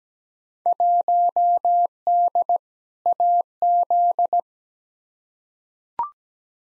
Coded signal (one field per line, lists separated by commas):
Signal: Morse code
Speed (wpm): 17 wpm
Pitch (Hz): 700 Hz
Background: none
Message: 1D AZ